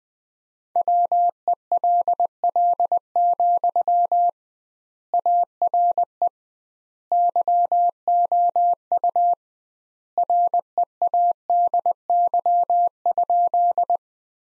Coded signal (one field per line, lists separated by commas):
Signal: Morse code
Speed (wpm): 20 wpm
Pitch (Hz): 700 Hz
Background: none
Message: WELL, ARE YOU READY?